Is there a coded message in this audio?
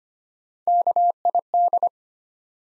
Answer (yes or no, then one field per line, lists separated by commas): yes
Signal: Morse code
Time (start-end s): 0.7-1.9 s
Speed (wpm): 26 wpm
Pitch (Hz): 700 Hz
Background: none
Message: KID